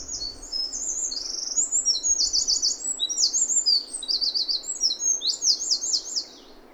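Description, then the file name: Eurasian wren singing a long, energetic, very high series of fast trills and metallic twitters, with quick rattled bursts following one another without pause. "Troglodytes troglodytes"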